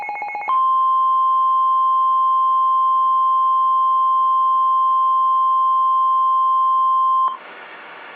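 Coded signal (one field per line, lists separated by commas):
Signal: Emergency Alert System (SAME) tones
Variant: 1050 Hz attention tone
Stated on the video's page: Mock (fictional) derecho alert; sound borrowed from another creator.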